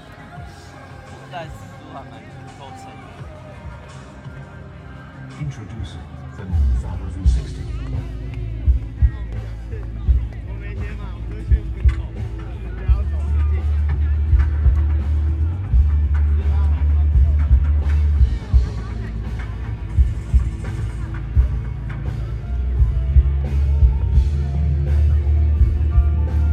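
A live recording at a music festival, dominated by heavy, booming bass that swells after about six seconds and holds long low notes from around thirteen seconds on. Voices and crowd chatter run over the music, with scattered sharp knocks.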